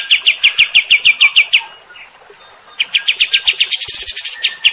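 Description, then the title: Cream-vented bulbul song: quick run of bright repeated notes, a quiet gap, then another accelerating series of chirps. Kept bird after one month of care, recorded as a tutor track; described as singing sweetly and continuously (gacor mbeset). "Masteran Kapas Tembak Merdu. KAPAS Tembak Gacor Mbeset Rawatan Satu Bulan"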